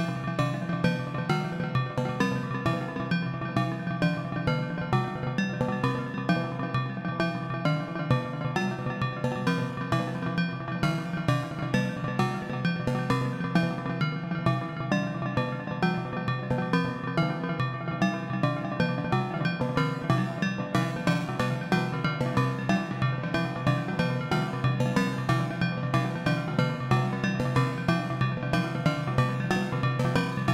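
Bells ring continuously in a dense, overlapping wash of bright ringing tones, with frequent rapid strikes over a steady low hum throughout.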